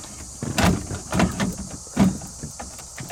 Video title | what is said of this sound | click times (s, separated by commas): 1958 Pontiac Parisienne Convertible 348 Tri-Power in Blue & Ride on My Car Story with Lou Costabile | There. And it snaps in. You hear like a socket. | 0.6 s, 1.2 s